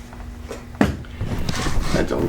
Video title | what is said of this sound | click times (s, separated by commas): Sustained Fire Kit. The ZB-26/30 | don't really see a practical use for it but again it was built for the kit as it snaps right in the hole in the bottom of the stock | 0.8 s